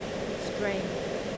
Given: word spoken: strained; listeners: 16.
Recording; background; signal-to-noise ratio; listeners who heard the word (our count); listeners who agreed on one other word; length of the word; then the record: one English word in noise, from a listening test; speech-shaped noise; -4.0 dB; 0 of 16; 10 of 16; 0.97 s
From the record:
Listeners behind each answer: 10, 3, 3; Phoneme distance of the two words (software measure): 7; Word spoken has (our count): 1 syllable, 6 phonemes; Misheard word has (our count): 1 syllable, 5 phonemes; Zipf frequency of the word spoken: 3.17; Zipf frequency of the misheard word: 4.00